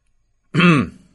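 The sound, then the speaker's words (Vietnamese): A single short throat clearing, a gravelly voiced rasp lasting about a third of a second, rising abruptly out of silence and fading quickly. “Tiêu Lăng hắng giọng, xoay người, định đi về hướng hậu viện”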